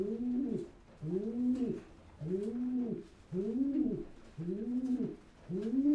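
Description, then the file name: Pigeon cooing: low, rounded coos rising then falling, repeated about once a second in six steady phrases. "holub"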